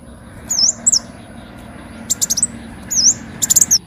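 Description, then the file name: Leafbird song with high, looping whistled notes mixed with quick sharp ticking clicks, in two short phrases over a soft background hiss. "Tieng chim xanh tim"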